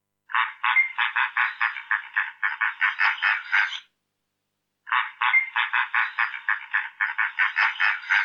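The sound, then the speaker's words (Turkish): Lesser flamingo calls: a loud, rapid series of clattering, pulsed notes in two long bouts separated by a short pause, with no voices present. “Yüksek, derinden gelen takırdamalı ötüş olarak tanımlanan bir ötüşleri bulunuyor.”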